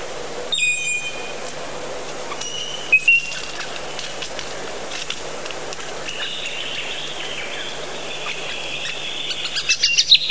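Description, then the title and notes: Bird calls: sharp high chirps near the start and middle, a faint drawn-out buzzy note later, then a closing burst of chirps over steady background hiss. Many different bird sounds. "Bird Sound Effects पक्षी लगता है. lots of different bird sounds"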